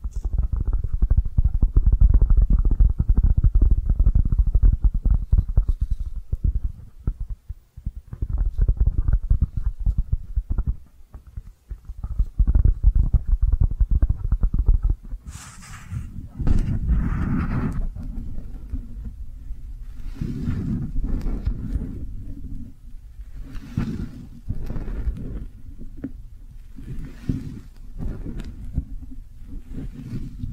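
Dense, muffled brushing fills the first fifteen seconds as a low, steady scratching rumble with brief dips. At about fifteen seconds it turns into brighter, squishy, wet sounds that come in irregular bursts, some crisp and hissing, over a softer low bed.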